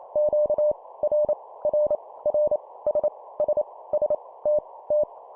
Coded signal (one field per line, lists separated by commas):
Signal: Morse code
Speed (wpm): 28 wpm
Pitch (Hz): 600 Hz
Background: none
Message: Q R R R S S S T T